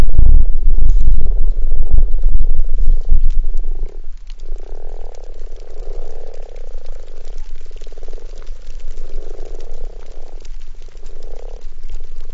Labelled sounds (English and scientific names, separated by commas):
Common Frog (Rana temporaria) call